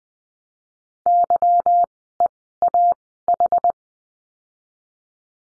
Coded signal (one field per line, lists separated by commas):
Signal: Morse code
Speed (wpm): 20 wpm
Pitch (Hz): 700 Hz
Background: none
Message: YEAH